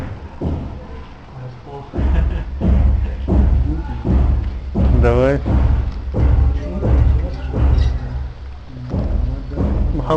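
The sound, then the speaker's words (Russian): Dull, repeated thuds of knocking from the neighbouring apartment below come through beneath steady conversation, low and muffled, tapping in an uneven rhythm while people keep talking over it. “там тебе стучат к соседней квартиры снизу.”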